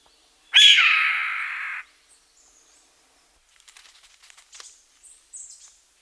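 Steller's jay giving one long, rasping squawk lasting over a second, followed by faint clicks and thin high chirps.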